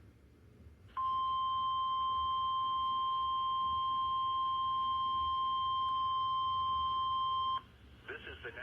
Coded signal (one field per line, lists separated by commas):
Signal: Emergency Alert System (SAME) tones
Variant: 1050 Hz attention tone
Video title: EAS 7K Milestone! EAS Alerts from the week of (1/26/25-2/01/25) EAS 6999-7023